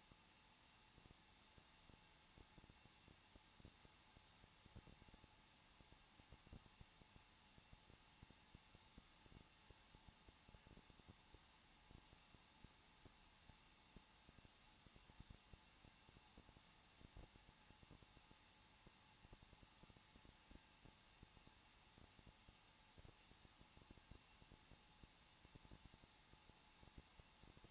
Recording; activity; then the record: daily activity, microphone in the room; no activity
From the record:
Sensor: 1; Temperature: 20.1 degrees Celsius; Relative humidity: 39.4%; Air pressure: 1006.4 hPa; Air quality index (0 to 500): 219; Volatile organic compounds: 81 ppm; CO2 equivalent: 3616 ppm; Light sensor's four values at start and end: 1/2/1/1 and 1/2/1/1